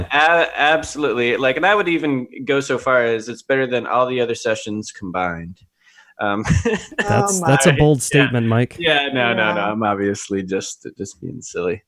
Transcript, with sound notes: Yeah, absolutely.
- I mean I would even go so far as it's better than all the other sessions combined.
- [laugh]
- That's a bold statement, Mike.
- Yeah, no no no.
- I'm obviously just being silly.